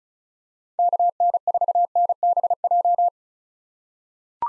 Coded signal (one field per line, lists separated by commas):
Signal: Morse code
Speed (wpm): 34 wpm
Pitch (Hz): 700 Hz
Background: none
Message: KN4NBJ